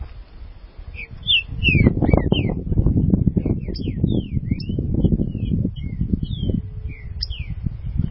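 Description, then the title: Green-winged saltator singing quick, slurred whistled notes throughout, against a loud, steady low rumble. "Trinca Ferro"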